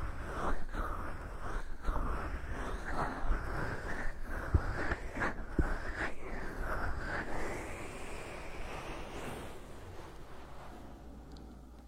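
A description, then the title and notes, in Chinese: A hand massage with dense, continuous rubbing and swishing of skin, steady, a few soft taps, gradually quieting toward the end. 手部按摩3（声控助眠）。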